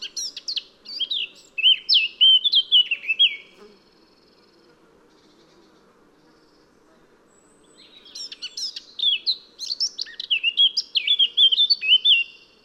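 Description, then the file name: Eurasian blackcap singing a hurried, chattering warble that ends in loud, pure whistles. Silence follows for several seconds, then a second, longer phrase comes with the same fluty finish. "Sylvia atricapilla"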